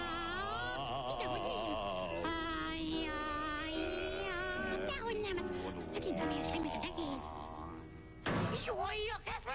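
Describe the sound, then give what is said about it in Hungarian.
Voices imitate cats in a comic parody duet, drawing out wavering, sliding meows in a sung, duet-like exchange that goes on almost continuously, loud throughout, with a brief pause near the end before a final burst. “Ez a Kandúr iskola.”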